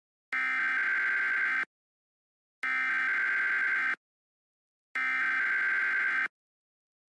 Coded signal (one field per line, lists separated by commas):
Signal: Emergency Alert System (SAME) tones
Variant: header bursts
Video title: EAS Short Scenario 62 : Beyond Disaster